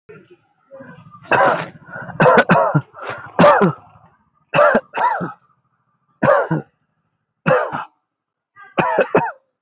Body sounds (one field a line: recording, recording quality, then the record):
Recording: heavy voluntary cough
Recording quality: moderate, slight background noise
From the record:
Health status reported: healthy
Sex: male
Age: 25 years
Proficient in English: yes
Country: India